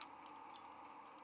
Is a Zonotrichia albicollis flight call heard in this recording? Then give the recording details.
no. No flight call is heard. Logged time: 03:54 on 17 November 2014